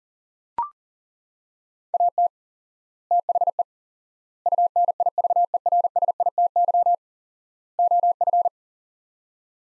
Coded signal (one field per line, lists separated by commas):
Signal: Morse code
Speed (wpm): 40 wpm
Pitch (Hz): 700 Hz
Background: none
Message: AT THE UNIVERSITY OF